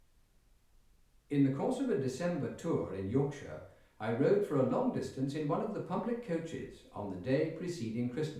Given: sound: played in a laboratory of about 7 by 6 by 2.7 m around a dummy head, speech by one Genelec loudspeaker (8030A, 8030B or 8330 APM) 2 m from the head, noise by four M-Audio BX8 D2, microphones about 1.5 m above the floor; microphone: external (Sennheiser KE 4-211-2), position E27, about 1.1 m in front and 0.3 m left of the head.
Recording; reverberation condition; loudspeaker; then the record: male speech in English; medium; 90 degrees to the right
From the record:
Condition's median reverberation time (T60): about 510 ms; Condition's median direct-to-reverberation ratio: about -0.5 dB